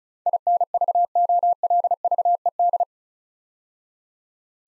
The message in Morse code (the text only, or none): INVOLVED